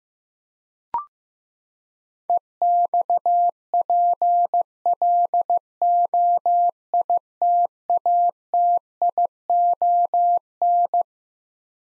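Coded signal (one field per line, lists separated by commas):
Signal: Morse code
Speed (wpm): 15 wpm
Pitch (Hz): 700 Hz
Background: none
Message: EXPLOITATION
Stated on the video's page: Morse head-copy drill of twelve-letter words at 15 wpm, each word sent, spoken, then sent again.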